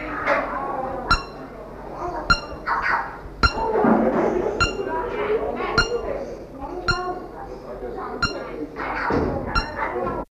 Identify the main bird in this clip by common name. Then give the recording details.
Fire-tufted Barbet. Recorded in captivity. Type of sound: call. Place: Wilhelma Stuttgart, Baden-Württemberg, DE. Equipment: Halbspur, 9,5 cm/s. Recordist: Lütgens, Hans. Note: Rufe